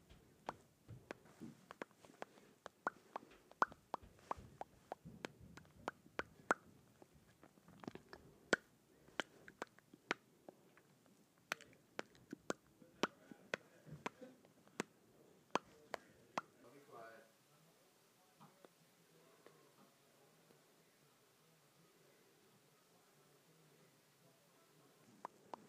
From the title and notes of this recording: ASMR Smacking my Lips Together.